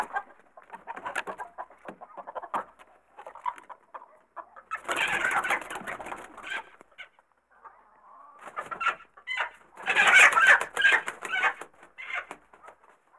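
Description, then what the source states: Chickens clucking and squawking excitedly, with two loud agitated flurries of overlapping calls and quieter clucking between them. Several chickens in a coop, excited.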